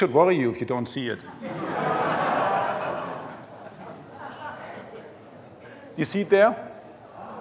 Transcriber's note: laughter